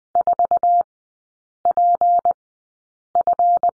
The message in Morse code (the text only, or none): 4PF